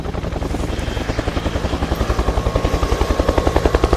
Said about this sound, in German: Zwanzig Minuten später startete der Helikopter mit neuen Piloten und flog in die Wildnis, immer der Piste nach, Richtung Babylon.